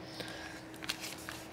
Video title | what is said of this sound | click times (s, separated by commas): Lenovo Ideapad Y700-17isk Ram and NVMe Upgrade | like so and then push down should click into position here and here and | 0.8 s, 1.3 s